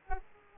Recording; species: mosquito wingbeat signal from an infrared sensor; Aedes aegypti